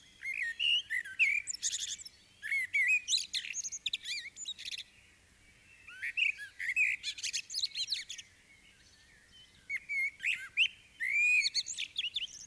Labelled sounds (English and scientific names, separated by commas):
Common Blackbird (Turdus merula) song